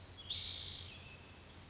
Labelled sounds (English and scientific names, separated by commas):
Spotted Towhee (Pipilo maculatus)